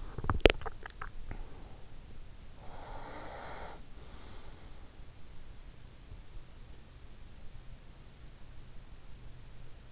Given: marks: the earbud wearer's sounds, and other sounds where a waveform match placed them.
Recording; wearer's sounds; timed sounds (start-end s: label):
sounds in sleep by an in-ear microphone; teeth grinding, swallowing, breath
0.00-0.83 s: teeth grinding
0.66-1.90 s: swallowing
2.62-4.95 s: breath